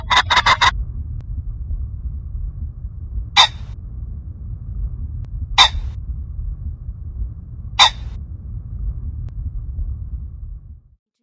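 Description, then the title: Common Pheasant with a quick run of four rough bursts, then three single harsh calls repeated roughly every two seconds over a low hum. Bird at Baiyangdian, locally called the 'seven-colored mountain chicken'. "家住白洋淀——我的观鸟笔记 “七彩山鸡”环颈雉"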